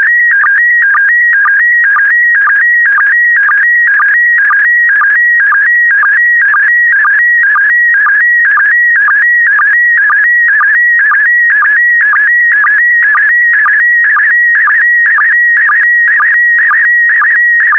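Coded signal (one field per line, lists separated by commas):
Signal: SSTV (slow-scan television)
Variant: PD120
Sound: warbling, chirpy tone scanning in pitch with a short low blip about twice a second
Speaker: Five, four, three, two, one. Thank you. Transmission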